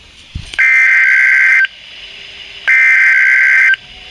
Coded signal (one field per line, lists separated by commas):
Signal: Emergency Alert System (SAME) tones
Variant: header bursts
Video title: EAS #12 - Severe Thunderstorm Warning (August 7, 2016)